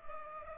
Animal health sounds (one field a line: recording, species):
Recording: mosquito wingbeat signal from an infrared sensor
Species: Culex pipiens